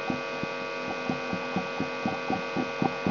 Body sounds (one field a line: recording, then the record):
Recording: brain microelectrode recording played as sound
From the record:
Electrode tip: inside the subthalamic nucleus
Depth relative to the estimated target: -1.5 mm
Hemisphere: right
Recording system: AlphaMap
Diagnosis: Parkinson's disease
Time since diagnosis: 17 years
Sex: male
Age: 64 years